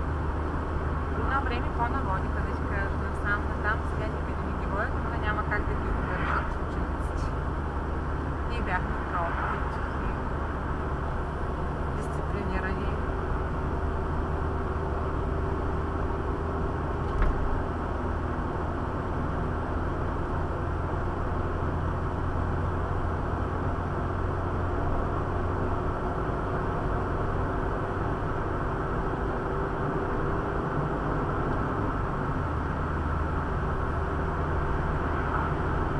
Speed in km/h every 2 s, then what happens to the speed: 58, 58, 57, 56, 56, 56, 58, 60, 61, 63, 65, 67, 70, 72, 75, 77, 74, 73.
0-11 steady at about 56. 11-30 speeds up to 77. 30-36 steady at about 74.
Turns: none.